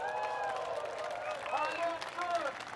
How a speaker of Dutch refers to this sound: Beste mensen, dank jullie wel. Applaus voor jullie zelf.